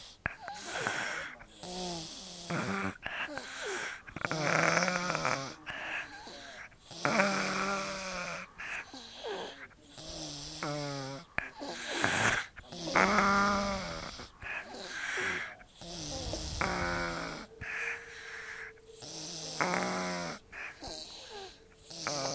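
Rapid, repeated snorting breaths roughly every second, with a whistling, honking nasal tone on many breaths. This is snoring through a congested, blocked-up nose, with the airway noise made by narrowed nasal passages.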